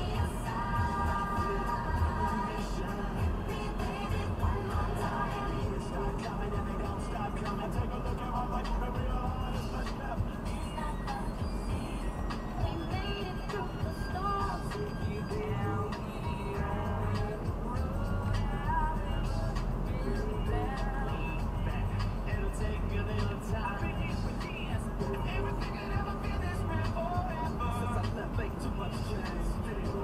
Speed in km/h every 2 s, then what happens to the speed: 55, 54, 54, 55, 54, 54, 54, 51, 50, 50, 53, 54, 55, 54, 54.
0-30 steady at about 54.